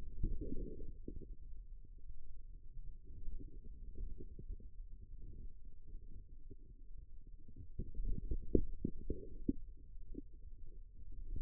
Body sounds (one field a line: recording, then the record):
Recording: forearm muscle sounds (acoustic myography)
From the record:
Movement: radial deviation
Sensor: system 2, bracelet of six BSWA MPA416 microphones around the upper forearm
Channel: 4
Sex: male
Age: 22 years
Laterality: right